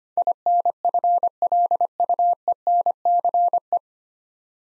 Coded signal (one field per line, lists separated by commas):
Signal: Morse code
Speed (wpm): 25 wpm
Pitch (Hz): 700 Hz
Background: none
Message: INFLUENCE